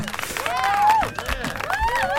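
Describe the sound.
An audience at a radio acoustic session applauds steadily after a song, dense clapping mixed with rising and falling whoops and cheering voices that stay loud throughout.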